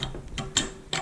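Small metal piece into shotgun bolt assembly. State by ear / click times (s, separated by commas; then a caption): not seated / none. A small metal piece is pushed straight down into the bolt assembly of a Beretta A400 Xtreme Plus shotgun during reassembly. Several sharp mechanical ticks are heard at about 0.0, 0.4, 0.6 and 0.9 seconds. The clip ends while the part is still being handled; nothing has seated or clicked home yet.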